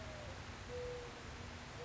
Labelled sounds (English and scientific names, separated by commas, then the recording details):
Mourning Dove (Zenaida macroura)
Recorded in Sonoma County, California